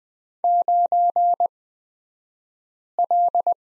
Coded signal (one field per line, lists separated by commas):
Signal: Morse code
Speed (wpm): 20 wpm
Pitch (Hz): 700 Hz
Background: none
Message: 9L